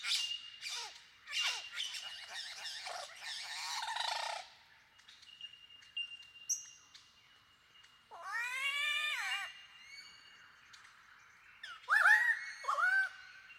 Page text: Большая птица-лира - Superb Lyrebird (Menura novaehollandiae)